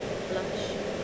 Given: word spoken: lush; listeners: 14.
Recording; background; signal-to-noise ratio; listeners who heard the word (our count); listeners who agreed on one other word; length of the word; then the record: one English word in noise, from a listening test; speech-shaped noise; -4.9 dB; 1 of 14; 8 of 14; 0.64 s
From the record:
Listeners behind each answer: 8, 3, 1, 1, 1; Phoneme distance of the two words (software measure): 7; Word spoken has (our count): 1 syllable, 3 phonemes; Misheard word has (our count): 1 syllable, 4 phonemes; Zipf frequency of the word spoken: 3.67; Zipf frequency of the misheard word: 3.19